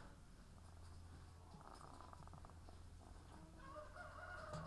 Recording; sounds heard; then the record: poultry house recording; sick chickens (respiratory disease)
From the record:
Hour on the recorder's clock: 18